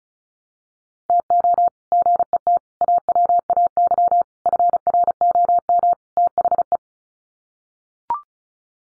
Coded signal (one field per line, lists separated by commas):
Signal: Morse code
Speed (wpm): 34 wpm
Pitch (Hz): 700 Hz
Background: none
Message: TO GET AWAY FROM THE